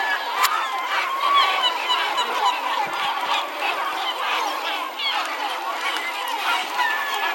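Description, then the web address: Gulls calling: a dense, continuous chorus of overlapping harsh, honking cries from many birds, steady throughout with no pauses. "greenlandicbirds category gull"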